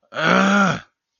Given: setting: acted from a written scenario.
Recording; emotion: vocal sound without words; anger